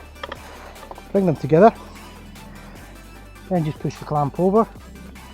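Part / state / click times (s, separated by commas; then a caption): frame hinge clamp lever closing onto the folding bike frame / not seated / none. The metal hinge clamp lever of an Eskute Star fat tyre folding e-bike is handled as the unfolded frame halves are brought together and the clamp is pushed over onto the frame. A few short, light handling ticks come near 0.2 s, 0.3 s and 0.9 s over a steady low background tone and music, while someone talks. Nothing has clicked or locked yet.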